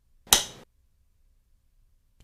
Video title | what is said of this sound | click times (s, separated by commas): PHILIPS HeartStart Onsite Defibrillator AED Training Video | it snaps into place easily | 0.3 s